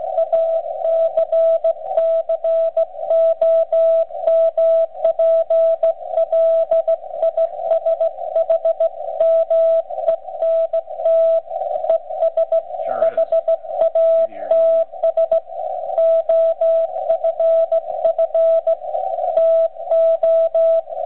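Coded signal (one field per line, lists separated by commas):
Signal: Morse code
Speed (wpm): 16 wpm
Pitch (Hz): 660 Hz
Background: radio noise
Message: ACCOMPLISHMENT ES HATS OFF TO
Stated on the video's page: Ragchew on 80 m using straight keys and bugs, received on ICOM IC-746 Pro and recorded with an RCA pocket voice recorder.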